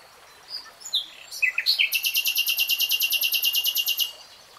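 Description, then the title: Nightingale song: short whistled notes lead into a long, rapid, rattling series of many identical pulses. Three-hour real-time recording. "[Tiếng chim hót] Nightingale Singing"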